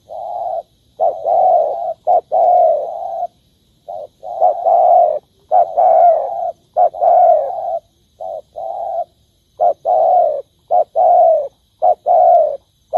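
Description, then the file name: Spotted dove cooing in a long series, short coos mixed with longer wavering ones, with brief gaps between. Cooing (Vietnamese: gáy). "tieng cu dat gay"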